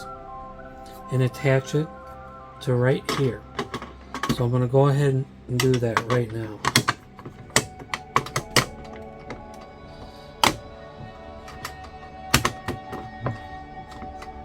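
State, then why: Not seated. A plastic part, either the anchor mechanism or a hull fitting, is being handled and pressed toward the hull of an Agora 1/200 scale R.M.S. Titanic model ship while someone talks over background music. Several sharp plastic clicks and taps sound from about 6.8 s onward, but the clip ends before the part snaps in, so nothing has seated yet.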